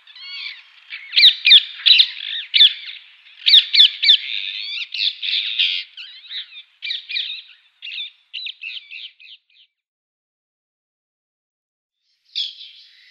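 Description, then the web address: Rose-ringed parakeet giving loud, raspy screeches in quick irregular series, fading, then a final harsh call near the end. "Schulze Peter Rose-ringed Parakeet"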